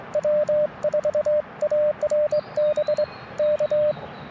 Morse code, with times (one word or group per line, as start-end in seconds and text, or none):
0.2-3.0 W4ARB
3.4-3.9 K